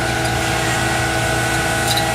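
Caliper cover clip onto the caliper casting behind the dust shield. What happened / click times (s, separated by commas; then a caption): The clip is being handled but has not snapped into place / none. A caliper cover clip for an F150 is handled against the caliper casting behind the dust shield, about to be pushed forward onto it. Only a steady hum with faint humming tones runs through the clip, with no sharp impacts. Nothing has seated or clicked yet.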